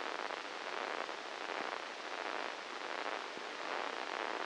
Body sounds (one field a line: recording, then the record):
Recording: brain microelectrode recording played as sound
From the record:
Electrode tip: inside the subthalamic nucleus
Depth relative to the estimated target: -3 mm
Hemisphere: right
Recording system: NeuroSet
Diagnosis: Parkinson's disease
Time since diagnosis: 10 years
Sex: male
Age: 56 years